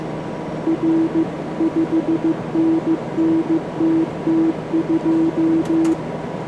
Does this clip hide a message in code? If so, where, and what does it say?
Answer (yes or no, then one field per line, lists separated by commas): yes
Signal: Morse code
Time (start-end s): 0.7-5.9 s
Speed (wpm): 15 wpm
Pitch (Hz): 320 Hz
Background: none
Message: R 5NN TT2